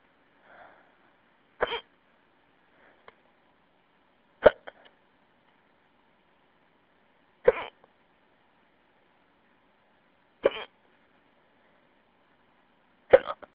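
Five sharp, regular hiccups from an adult, about every three seconds, each a brief abrupt gulping sound, over a quiet phone line.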